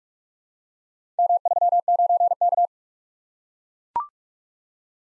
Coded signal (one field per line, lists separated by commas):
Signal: Morse code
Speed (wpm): 44 wpm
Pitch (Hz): 700 Hz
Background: none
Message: M39K